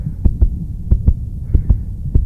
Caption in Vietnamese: Âm thanh của nhịp tim từ một người tài xế xe bus. Sau khi họ bị mắng chửi. Bị xúc phạm và bị hăm dọa.